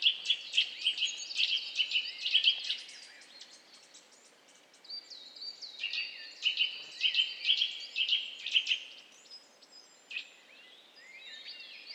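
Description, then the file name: Eurasian nuthatch calls in quick runs of piping notes, several bursts separated by brief pauses. "Sitta europaea"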